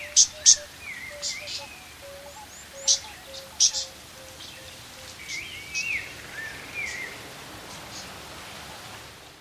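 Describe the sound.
Fan-tailed warbler uttering brisk high ticking notes, a quick pair at the start then scattered singles, against a soft broken low whistle and faint chirps.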